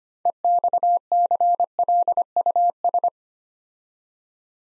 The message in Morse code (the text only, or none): EXCLUS